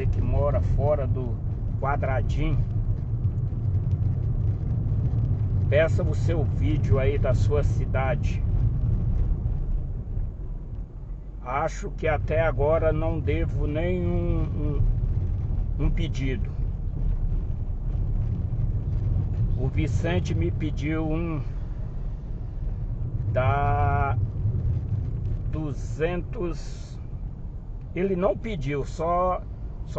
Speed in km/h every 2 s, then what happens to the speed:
33, 33, 34, 36, 34, 25, 24, 25, 29, 29, 31, 30, 27, 29, 32.
0-7 steady at about 33. 7-11 slows to 24. 11-30 steady at about 29.